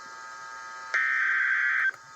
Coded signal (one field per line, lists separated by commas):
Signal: Emergency Alert System (SAME) tones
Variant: header bursts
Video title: TORNADO EMERGENCY in Holly Springs, Mississippi - 12/23/2015 - NOAA Weather Radio